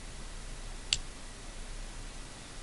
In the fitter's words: I mean it fastens on there pretty tight you can you can hear the click when it locks into place